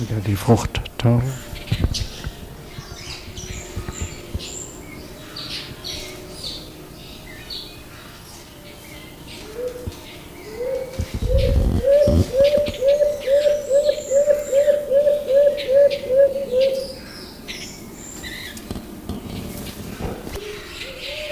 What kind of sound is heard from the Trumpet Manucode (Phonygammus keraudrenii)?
call